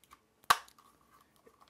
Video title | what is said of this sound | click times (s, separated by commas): OtterBox Defender Case Review for HTC One X | snaps into place | 0.5 s